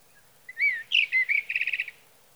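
Sage thrasher phrase: a few slurred, whistled notes leading into a fast, even trill of repeated short notes.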